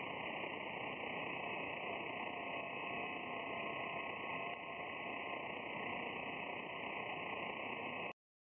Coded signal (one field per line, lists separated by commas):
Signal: FT8